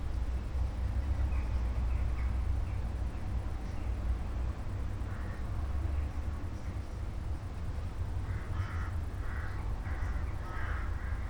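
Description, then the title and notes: Crows giving scattered harsh caws, sparse at first and growing busier toward the end, over constant low-pitched background rumble. A flock of crows calling in the evening sky at night at St. Peter-Ording, Germany. "St. Peter-Ording, 25826 Sankt Peter-Ording, Germany - crows at night kraehen am spaeten abend. ein kraehenschwarm am abendhimmel. a swarm of crows at night sky"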